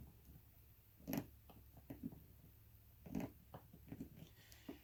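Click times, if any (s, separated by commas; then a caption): none. A bolt is driven into a threaded insert while assembling a Serta Big and Tall Smart Layers Executive Office Chair, giving short scraping, rasping bursts around 1.1 s, 3.2 s and 4.5 s over a low background. The thread inside the insert is stripped, and nothing has seated or clicked.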